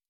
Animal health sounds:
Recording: hydrophone in a shrimp aquaculture tank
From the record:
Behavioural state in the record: stressed

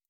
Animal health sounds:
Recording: hydrophone in a shrimp aquaculture tank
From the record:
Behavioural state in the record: stressed

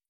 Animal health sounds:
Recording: hydrophone in a shrimp aquaculture tank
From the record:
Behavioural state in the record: stressed

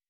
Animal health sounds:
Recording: hydrophone in a shrimp aquaculture tank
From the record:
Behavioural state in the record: weakened

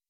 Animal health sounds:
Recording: hydrophone in a shrimp aquaculture tank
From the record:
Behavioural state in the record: weakened

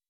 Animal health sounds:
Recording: hydrophone in a shrimp aquaculture tank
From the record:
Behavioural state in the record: weakened

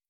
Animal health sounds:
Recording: hydrophone in a shrimp aquaculture tank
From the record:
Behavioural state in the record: starved

